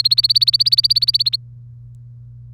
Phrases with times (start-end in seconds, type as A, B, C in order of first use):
0.00-1.36 A